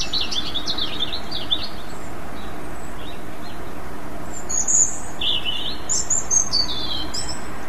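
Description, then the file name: European robin song starting with a soft run of high notes, followed after a gap by brighter, sharper very high chirped notes and thin squeaks over low background noise. "rouge gorge"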